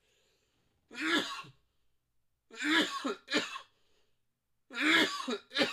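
An adult man has a bad coughing fit of about six harsh, voiced bursts in roughly six seconds. They come irregularly, some in quick pairs, with short silent gaps between them and a throaty, clearing quality.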